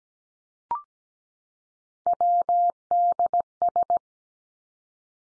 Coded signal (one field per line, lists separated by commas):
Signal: Morse code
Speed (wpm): 17 wpm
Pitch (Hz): 700 Hz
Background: none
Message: WDS